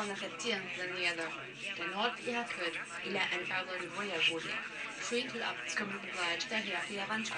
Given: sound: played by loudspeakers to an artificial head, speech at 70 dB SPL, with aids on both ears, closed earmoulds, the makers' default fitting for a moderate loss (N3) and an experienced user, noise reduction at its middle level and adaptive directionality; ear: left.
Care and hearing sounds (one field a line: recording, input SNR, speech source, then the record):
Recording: speech test signal (ISTS) in cocktail-party noise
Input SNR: +6 dB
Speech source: on the right (90 degrees)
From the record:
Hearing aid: class 2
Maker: G